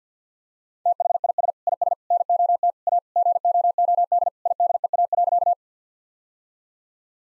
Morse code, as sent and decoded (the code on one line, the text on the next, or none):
- .... .. ... / .. ... / -. --- - / .- / --. --- --- -.. / .. -.. . .- .-.-.-
THIS IS NOT A GOOD IDEA.